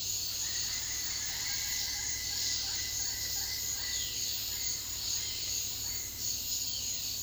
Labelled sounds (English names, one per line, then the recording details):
Orange-winged Amazon
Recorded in dense forest near Puerto Asís, Putumayo, Colombia, on 20 February 2024 at 08:30
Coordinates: 0.500, -76.322
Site G6465